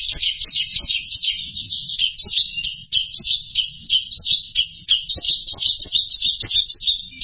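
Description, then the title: Bird song: busy, high twittering phrases repeated in quick succession over a steady low background hum. "burung"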